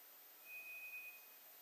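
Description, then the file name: White's thrush song: a single thin, steady whistle held at one pitch for under a second, with faint background hiss. Recorded on 2 July 2007. "toratugumi-20070702"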